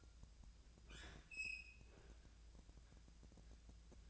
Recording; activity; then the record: daily activity, microphone in the room; open fridge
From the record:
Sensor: 2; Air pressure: 999.9 hPa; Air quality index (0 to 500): 123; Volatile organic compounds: 2 ppm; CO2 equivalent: 1059 ppm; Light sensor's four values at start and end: 32/80/34/38 and 32/80/34/38